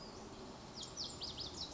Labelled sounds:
Lazuli Bunting (Passerina amoena)
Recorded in Sonoma County, California

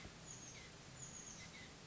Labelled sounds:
Chestnut-backed Chickadee (Poecile rufescens)
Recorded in Sonoma County, California

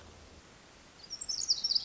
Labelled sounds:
Pacific Wren (Troglodytes pacificus)
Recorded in Sonoma County, California

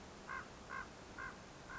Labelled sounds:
Common Raven (Corvus corax)
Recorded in Sonoma County, California

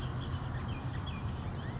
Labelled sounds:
Bullock's Oriole (Icterus bullockii)
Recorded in Sonoma County, California

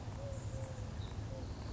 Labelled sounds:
Eurasian Collared Dove (Streptopelia decaocto)
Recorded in Sonoma County, California

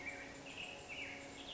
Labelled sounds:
Black-headed Grosbeak (Pheucticus melanocephalus)
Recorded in Sonoma County, California

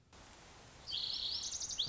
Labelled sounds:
Lazuli Bunting (Passerina amoena)
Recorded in Sonoma County, California

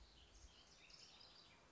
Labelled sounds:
House Wren (Troglodytes aedon)
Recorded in Sonoma County, California

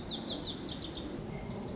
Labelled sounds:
Lazuli Bunting (Passerina amoena)
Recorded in Sonoma County, California

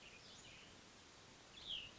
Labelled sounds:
Cassin's Vireo (Vireo cassinii)
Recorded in Sonoma County, California

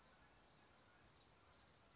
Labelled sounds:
California Towhee (Melozone crissalis)
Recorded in Sonoma County, California

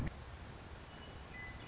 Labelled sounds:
Western Meadowlark (Sturnella neglecta)
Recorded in Sonoma County, California

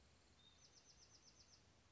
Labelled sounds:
Bewick's Wren (Thryomanes bewickii)
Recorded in Sonoma County, California

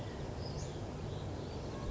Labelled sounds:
Western Flycatcher (Empidonax difficilis)
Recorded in Sonoma County, California

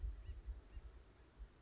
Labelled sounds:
Acorn Woodpecker (Melanerpes formicivorus)
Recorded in Sonoma County, California

